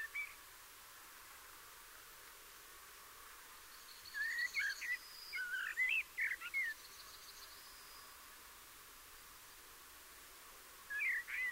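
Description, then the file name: Common blackbird song with a run of fluted, twisting whistles lasting about three seconds. A short extra phrase follows after a quiet gap. "Turdus merula"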